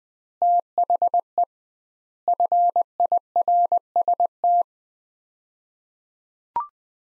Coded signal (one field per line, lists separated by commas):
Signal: Morse code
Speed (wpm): 19 wpm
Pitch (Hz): 700 Hz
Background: none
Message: THE FIRST